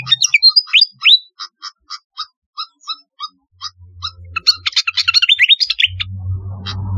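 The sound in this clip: Flycatcher song of quick descending whistles, then evenly spaced short chirps, ending in a fast twittering run over a low hum.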